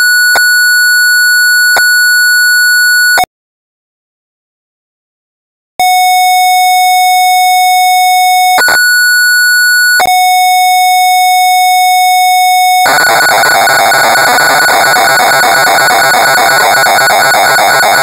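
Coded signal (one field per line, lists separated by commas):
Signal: computer data on cassette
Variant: Amstrad CPC 464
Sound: steady buzzy lead tones with clicks, a pause, then harsh rapid warbling data screech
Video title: Fu-Kung in Las Vegas (1985) - Amstrad CPC 464 (Full Tape Rip / Cassette Load)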